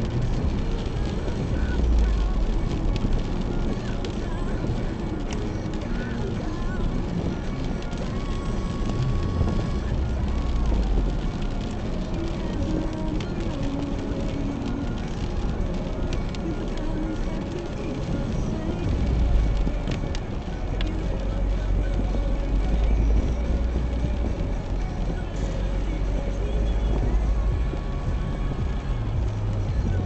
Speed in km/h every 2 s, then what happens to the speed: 66, 66, 66, 66, 65, 65, 62, 59, 57, 55, 51, 41, 36, 38, 40.
0-10 steady at about 66. 10-23 slows to 36. 23-30 steady at about 38.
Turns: none.